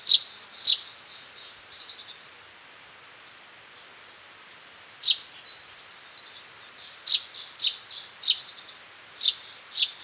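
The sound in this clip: Cinnamon sparrow giving sharp, high chip calls, a pair at the start, a single note near the middle, then a series of chips toward the end.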